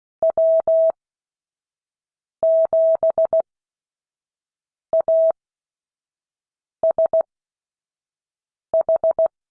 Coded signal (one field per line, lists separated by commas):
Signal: Morse code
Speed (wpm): 16 wpm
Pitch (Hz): 650 Hz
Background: none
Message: W7ASH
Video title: Friday 2022-08-26 Morse code class